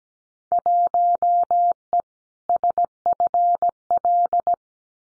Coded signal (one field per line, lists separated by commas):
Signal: Morse code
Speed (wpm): 17 wpm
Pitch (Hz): 700 Hz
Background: none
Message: 1E SFL